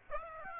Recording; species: mosquito wingbeat signal from an infrared sensor; Aedes aegypti